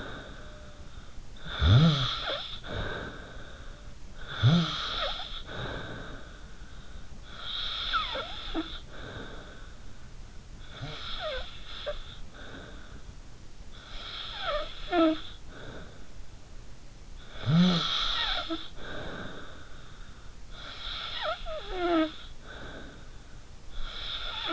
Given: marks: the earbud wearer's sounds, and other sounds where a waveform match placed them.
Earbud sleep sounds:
sounds in sleep by an in-ear microphone; snoring breath
0.00-13.87 s: snoring breath
13.94-24.53 s: snoring breath

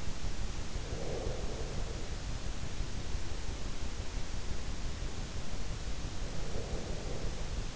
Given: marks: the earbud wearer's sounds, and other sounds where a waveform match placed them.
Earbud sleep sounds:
sounds in sleep by an in-ear microphone; breath
0.73-2.19 s: breath
6.22-7.76 s: breath

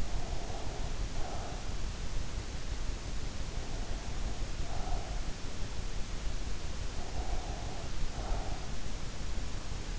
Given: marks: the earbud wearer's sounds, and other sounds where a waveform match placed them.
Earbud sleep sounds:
sounds in sleep by an in-ear microphone; breath
0.00-1.84 s: breath
3.57-5.26 s: breath
6.91-8.80 s: breath

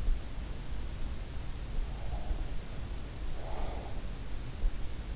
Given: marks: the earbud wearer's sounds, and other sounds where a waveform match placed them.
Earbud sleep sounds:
sounds in sleep by an in-ear microphone; breath
1.98-4.17 s: breath

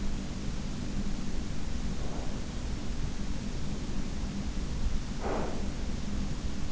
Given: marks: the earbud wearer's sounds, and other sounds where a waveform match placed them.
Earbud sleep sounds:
sounds in sleep by an in-ear microphone; breath
0.82-2.49 s: breath
3.57-5.95 s: breath

